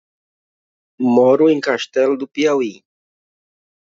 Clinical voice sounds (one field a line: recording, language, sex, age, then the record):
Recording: short text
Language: Brazilian Portuguese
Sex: male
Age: 30 to 39 years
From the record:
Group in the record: control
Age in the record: 39 years